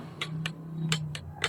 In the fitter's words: yung click na yon ibig sabihin guys enough na yung tight niya para sa 30 newon meter dito.